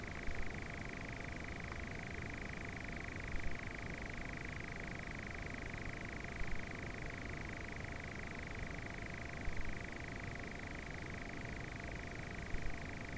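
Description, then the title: Nightjar producing a continuous purring rattle at an even pitch for the whole stretch, with regular soft thumps about every three seconds underneath. More than one nightjar. "Nightjars and a passing car"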